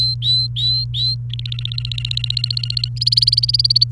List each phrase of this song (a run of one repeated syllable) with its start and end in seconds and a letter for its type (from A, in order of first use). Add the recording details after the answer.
0.00-1.14 A, 1.30-2.88 B, 2.96-3.84 C. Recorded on 29 April 2018 at 12:52. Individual llb3